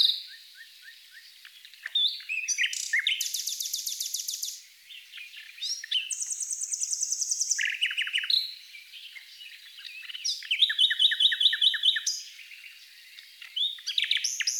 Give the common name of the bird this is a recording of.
Common Nightingale